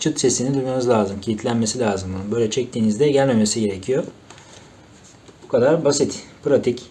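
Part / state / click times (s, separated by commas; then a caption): vacuum nozzle attachment onto stick vacuum body / not seated / none. A plastic nozzle attachment is handled and pressed onto the body of a Deerma VC25 cordless stick vacuum while someone talks. Two brief faint knocks are heard at about 4.4 and 5.3 seconds, but nothing has seated or clicked yet; the attachment still has to snap into place.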